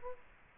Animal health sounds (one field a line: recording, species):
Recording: mosquito wingbeat signal from an infrared sensor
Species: Culex quinquefasciatus